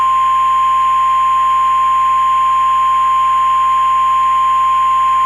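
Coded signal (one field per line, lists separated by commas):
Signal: Emergency Alert System (SAME) tones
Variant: 1050 Hz attention tone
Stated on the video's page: Simulated mock EAS tornado emergency alert.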